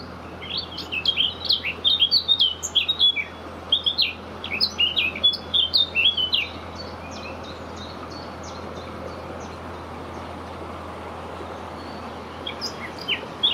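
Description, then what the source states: Eurasian blackcap song: rapid bursts of varied warbling and whistled notes for about seven seconds, a pause, then a brief renewed phrase, over steady low hum. Recorded 9 May 2022.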